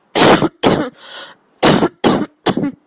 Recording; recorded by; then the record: voluntary cough; messaging app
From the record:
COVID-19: negative